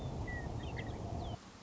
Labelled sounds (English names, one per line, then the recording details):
Western Meadowlark
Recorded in Sonoma County, California